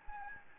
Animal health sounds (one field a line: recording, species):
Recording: mosquito wingbeat signal from an infrared sensor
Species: Anopheles gambiae